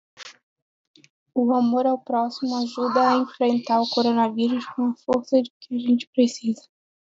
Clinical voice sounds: spoken sentence; Brazilian Portuguese; female; 20 to 29 years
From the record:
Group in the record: control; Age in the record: 21 years

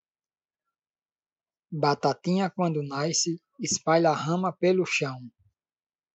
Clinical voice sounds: short text; Brazilian Portuguese; male; 30 to 39 years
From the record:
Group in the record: control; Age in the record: 38 years

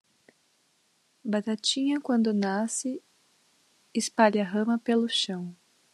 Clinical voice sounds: short text; Brazilian Portuguese; female; 30 to 39 years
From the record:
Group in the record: control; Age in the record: 32 years

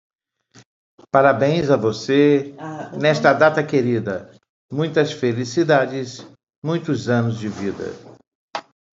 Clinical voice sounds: short text; Brazilian Portuguese; male; 60 to 69 years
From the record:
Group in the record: control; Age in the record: 60 years

